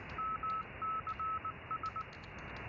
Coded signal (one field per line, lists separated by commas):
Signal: Morse code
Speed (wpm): 19 wpm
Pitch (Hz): 1300 Hz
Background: none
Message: MCS